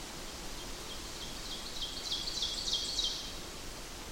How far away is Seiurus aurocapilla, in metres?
about 45 m